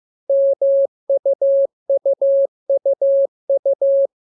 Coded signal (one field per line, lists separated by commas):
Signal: Morse code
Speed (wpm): 15 wpm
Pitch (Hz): 550 Hz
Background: none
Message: MUUUU